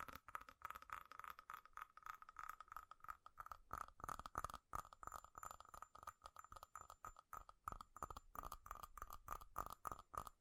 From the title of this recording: FAST & FURIOUS TAPPING Metal Sounds